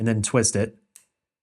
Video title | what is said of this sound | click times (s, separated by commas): Sony A6700 Setup - FULL MENU WALKTHROUGH | You'll hear that little click, and the lens is attached. | 1.0 s